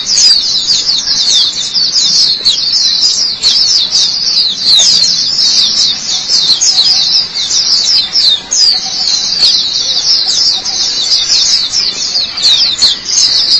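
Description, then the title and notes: White-eye singing a lively, continuous high warble of quick, sliding twitter notes over a quiet background. White-eye chirping song. "Kicauan Burung Pleci Durasi Panjang. Suara kicauan burung pleci"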